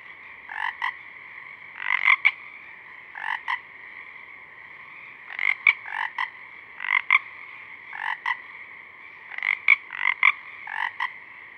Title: Pacific Chorus Frogs (Pseudacris regilla), dusk, Parabolic